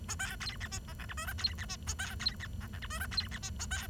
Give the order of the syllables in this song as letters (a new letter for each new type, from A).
A B C D E F G H I J C D E A B C D F G H I J C D E A B